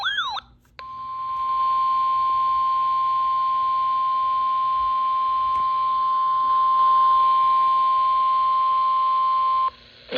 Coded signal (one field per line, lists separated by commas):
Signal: Emergency Alert System (SAME) tones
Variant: 1050 Hz attention tone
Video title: EAS Alerts From 7/6/26: A Compilation (EAS 1256-1269)